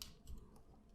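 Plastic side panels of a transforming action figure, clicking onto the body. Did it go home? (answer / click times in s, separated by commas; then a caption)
yes / 0.0 s. The plastic side panels of a Transformers Studio Series 86 Blurr transforming action figure are brought up and forward onto the body, giving a sharp click at 0.0 s. Softer handling taps follow at about 0.3 s and 0.6 s. The side panels are clicked into place.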